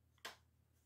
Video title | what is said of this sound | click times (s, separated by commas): MEIauto Android Auto/Nav/stereo Toyota 4runner (2010-19) Review/HOW TO! | and it just goes underneath and Pops right in | 0.3 s